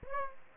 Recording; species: mosquito wingbeat signal from an infrared sensor; Aedes aegypti